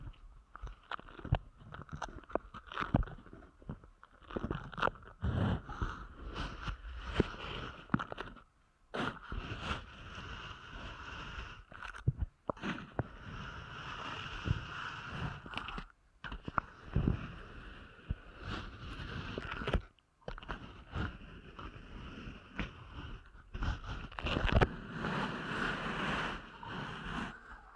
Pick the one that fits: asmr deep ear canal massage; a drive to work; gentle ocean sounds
asmr deep ear canal massage